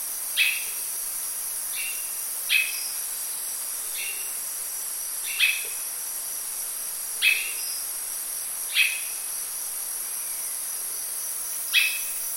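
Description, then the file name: Bird gives clipped whistle notes, a fast falling slur then a flat tone, at irregular intervals over a persistent high insect drone. "SABIOD 50 bird 2015"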